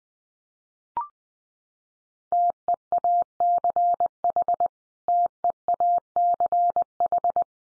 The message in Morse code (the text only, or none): TEACH TEACH